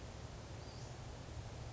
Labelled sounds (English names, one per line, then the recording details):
Western Flycatcher
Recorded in Sonoma County, California